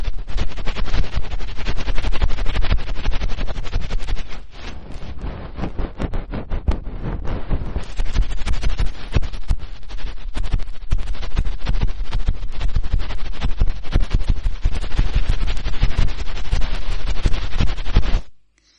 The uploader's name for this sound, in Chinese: 飞机轰炸硬质掏耳朵